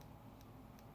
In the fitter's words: if you can hear it click there but that is the stainless hitting the inside there's